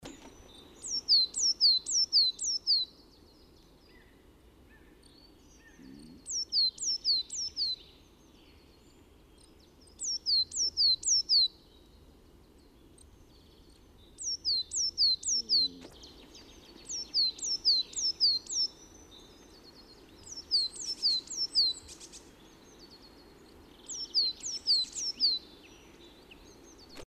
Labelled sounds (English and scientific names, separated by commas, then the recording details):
Coal Tit (Periparus ater) song, Great Tit (Parus major)
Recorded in the wild
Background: Parus major
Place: St. Martin, Appenzeller Land, Rheinland-Pfalz, DE
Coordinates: 49.3004, 8.1015
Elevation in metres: 241
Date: 1976-04-20
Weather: strong wind
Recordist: Tretzel, Erwin
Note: St. Martin: Erregungsgesang "zidä"